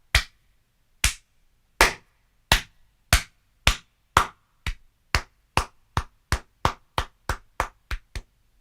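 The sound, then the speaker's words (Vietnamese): A single pair of hands claps about nineteen times as a hearty round of applause for the author Long Đầu Đất, sharp and crisp, starting slowly and steadily speeding up into a quicker rhythm, with no voices underneath. “Chúng ta dành cho Long Đầu Đất một tràng pháo tay thật giòn giã.”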